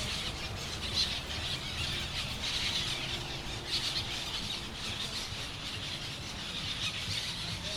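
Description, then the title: Parrots calling together, shrill grating squawks forming an unbroken wash of sound, occasional sharper notes standing out, low rumble in the background. Parrots at sunset in Crespo. "Loros En Crespo Al Atardecer"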